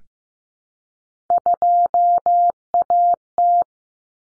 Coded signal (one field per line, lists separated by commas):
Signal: Morse code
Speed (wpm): 15 wpm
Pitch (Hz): 700 Hz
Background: none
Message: 2AT